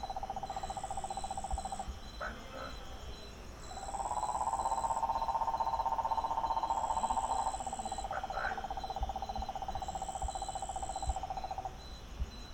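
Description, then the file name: Cicada buzzing: a sustained rasping drone runs for several seconds at a time, while shrill insect pulses repeat regularly above it. Recorded in Bolombolo, Antioquia Suroccidental, Colombia. "Cicadas and frogs - Antioquia Suroccidental - Bolombolo"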